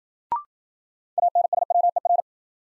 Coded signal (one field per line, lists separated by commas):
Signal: Morse code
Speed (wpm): 51 wpm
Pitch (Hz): 700 Hz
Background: none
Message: ANSWER